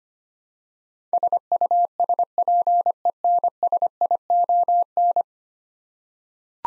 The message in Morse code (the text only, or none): SUSPENSION